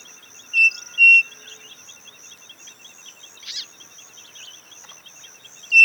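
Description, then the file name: Bird giving a pair of clear whistled notes early on and another at the very end, against a constant shrill insect-like trill and a brief rustle. "SABIOD 50 bird 2015"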